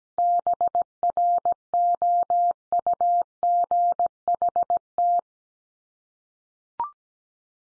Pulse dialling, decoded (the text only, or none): none